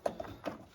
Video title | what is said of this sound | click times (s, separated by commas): 2007-2013 Toyota Tundra Secondary Air Injection Pump Removal, Testing And Installation Instructions | Now we're just gonna reconnect the connectors until they click. | 0.1 s